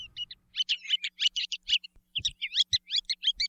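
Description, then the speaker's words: Ruddy Turnstone rattling calls: quick, chattering bursts of harsh notes run together, a pause near the middle, then another rapid rattling series. Hawaiian name ʻakekeke, hinted by the rattling call; forages in small flocks along rocky shorelines, mudflats, fields and lawns. "We've got a little sandpiper for you today whose rattling call gives you a clue to their name."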